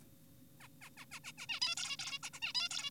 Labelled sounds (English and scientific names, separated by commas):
Zebra Finch (Taeniopygia guttata)